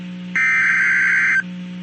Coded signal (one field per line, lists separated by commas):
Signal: Emergency Alert System (SAME) tones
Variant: header bursts